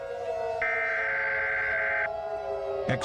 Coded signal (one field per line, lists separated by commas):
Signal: Emergency Alert System (SAME) tones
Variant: header bursts